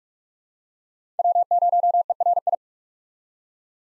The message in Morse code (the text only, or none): W0ERI